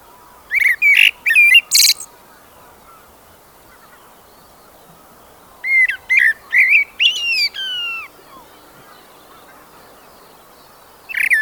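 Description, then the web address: Common blackbird song phrases, each mixing mellow whistled notes with squeaky high ones, separated by a long pause; a third phrase begins right at the end. "Blackbird"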